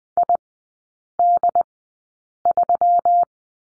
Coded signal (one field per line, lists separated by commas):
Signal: Morse code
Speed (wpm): 20 wpm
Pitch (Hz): 700 Hz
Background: none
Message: ID3